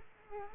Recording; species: mosquito wingbeat signal from an infrared sensor; Culex quinquefasciatus